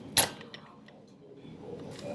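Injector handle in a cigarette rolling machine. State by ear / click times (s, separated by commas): seated / 0.2 s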